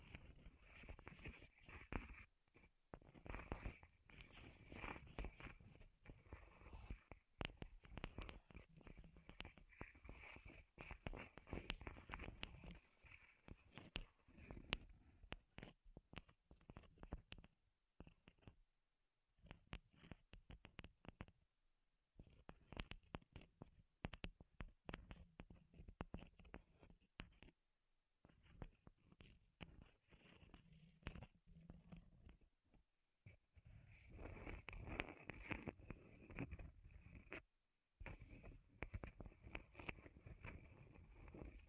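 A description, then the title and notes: Wood triggers: dense runs of quick taps, clicks and scratchy rubbing on wood, irregular and crackly with a faint low thump beneath. The activity comes in bursts, broken by short silent pauses around 18–22, 28 and 37 seconds. ASMR Wood Triggers in Your Ears (No Talking).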